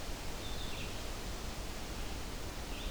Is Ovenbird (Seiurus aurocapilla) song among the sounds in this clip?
no